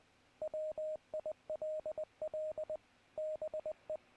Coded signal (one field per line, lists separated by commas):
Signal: Morse code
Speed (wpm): 20 wpm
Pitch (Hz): 620 Hz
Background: radio noise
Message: WILL BE